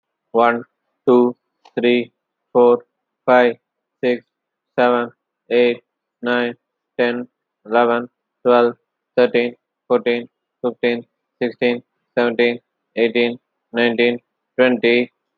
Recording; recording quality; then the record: counting at a normal pace; excellent, no background noise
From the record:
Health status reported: healthy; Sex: male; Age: 36 years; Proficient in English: yes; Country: India